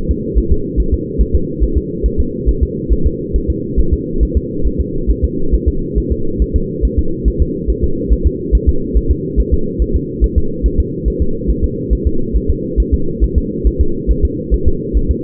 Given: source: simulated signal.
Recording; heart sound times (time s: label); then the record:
fetal heart sounds
0.11 s: S2
0.38 s: S1
0.52 s: S2
0.80 s: S1
0.94 s: S2
1.21 s: S1
1.35 s: S2
1.63 s: S1
1.77 s: S2
2.06 s: S1
2.20 s: S2
2.49 s: S1
2.63 s: S2
2.93 s: S1
3.06 s: S2
3.36 s: S1
3.50 s: S2
3.79 s: S1
3.93 s: S2
4.23 s: S1
4.37 s: S2
4.67 s: S1
4.81 s: S2
5.11 s: S1
5.24 s: S2
5.54 s: S1
5.68 s: S2
5.98 s: S1
6.12 s: S2
6.42 s: S1
6.56 s: S2
6.85 s: S1
6.99 s: S2
7.28 s: S1
7.42 s: S2
7.70 s: S1
7.84 s: S2
8.13 s: S1
8.27 s: S2
8.55 s: S1
8.69 s: S2
8.97 s: S1
9.11 s: S2
9.40 s: S1
9.54 s: S2
9.82 s: S1
9.96 s: S2
10.24 s: S1
10.38 s: S2
10.66 s: S1
10.80 s: S2
11.08 s: S1
11.22 s: S2
11.50 s: S1
11.64 s: S2
11.93 s: S1
12.07 s: S2
12.36 s: S1
12.50 s: S2
12.80 s: S1
12.94 s: S2
13.24 s: S1
13.38 s: S2
13.67 s: S1
13.81 s: S2
14.11 s: S1
14.25 s: S2
14.54 s: S1
14.68 s: S2
14.97 s: S1
15.11 s: S2
From the record:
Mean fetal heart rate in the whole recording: 140 bpm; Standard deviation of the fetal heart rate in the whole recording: 2 bpm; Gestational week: 34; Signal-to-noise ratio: -8.1 dB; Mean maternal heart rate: 72 bpm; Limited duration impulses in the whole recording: absent